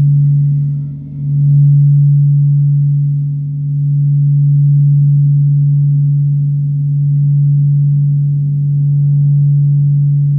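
A singing bowl rings with a steady low hum around one pitch, swelling and dipping slightly in loudness, with faint upper overtones throughout.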